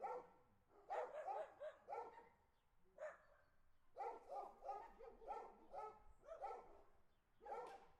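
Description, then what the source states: Dogs barking in clustered volleys of several rough barks, a pause, then another run of evenly spaced barks. Ambient barking dogs on the street.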